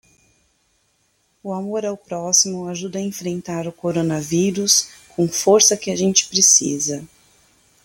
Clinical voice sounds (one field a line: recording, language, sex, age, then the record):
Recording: spoken sentence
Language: Brazilian Portuguese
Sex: female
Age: 30 to 39 years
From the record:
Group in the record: control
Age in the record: 37 years